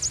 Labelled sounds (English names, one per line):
American Redstart flight call